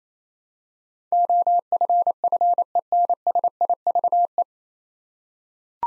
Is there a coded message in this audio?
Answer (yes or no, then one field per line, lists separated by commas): yes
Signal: Morse code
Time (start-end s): 1.1-4.4 s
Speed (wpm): 28 wpm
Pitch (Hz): 700 Hz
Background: none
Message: OFFENSIVE